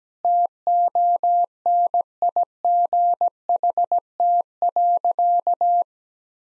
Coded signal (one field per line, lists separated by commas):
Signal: Morse code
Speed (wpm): 17 wpm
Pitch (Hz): 700 Hz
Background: none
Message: TONIGHT.